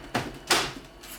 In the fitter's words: There's a click. It was that easy.